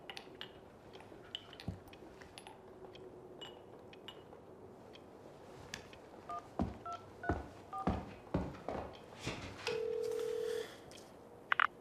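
A telephone number is punched in: a quick, uneven run of short touch-tone beeps with clicky button presses, followed by one longer steady tone, over a low background hiss.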